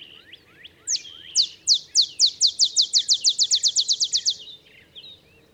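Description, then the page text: Olive sparrow song, a few thin introductory slurs then a steady quickening run of sharp downward chips for about three seconds, soft background twitters. Olive sparrow singing in the early morning in Texas, 50 miles north of the Mexican border; simple songs like a field sparrow's bouncing-ball song, though neither so mellow nor so melancholy. "songs Olive Sparrow. Recording early morning just 50 miles north of the Mexican border in Texas. Birdsong for the Curious Naturalist"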